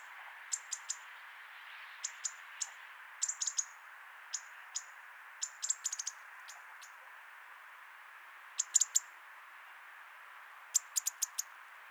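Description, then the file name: European robin tick calls, crisp high clicks given singly and in rapid clusters throughout, against a soft mid-pitched hiss. "Erithacus rubecula"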